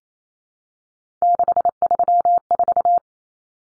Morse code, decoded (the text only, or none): 634